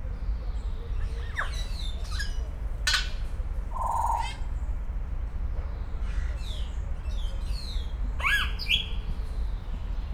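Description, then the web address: Grey parrot calls: assorted clicks and chirps, a short hollow honk-like tone, then rising whistled notes near the end, all over a low droning hum. Captive grey parrot in a zoo in Szeged, recorded in 2011, noted for making interesting sounds. "jakopapagaj erdekeshangotisad"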